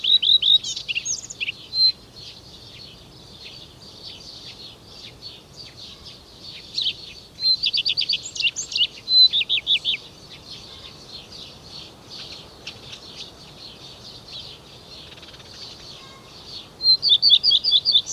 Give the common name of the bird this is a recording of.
Common Redstart